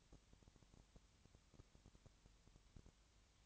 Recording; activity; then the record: daily activity, microphone in the room; no activity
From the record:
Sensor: 3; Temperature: 20.6 degrees Celsius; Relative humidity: 34.7%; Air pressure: 1007.2 hPa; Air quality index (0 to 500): 137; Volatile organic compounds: 3 ppm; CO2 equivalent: 1529 ppm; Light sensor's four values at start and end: 2/3/2/2 and 2/3/2/2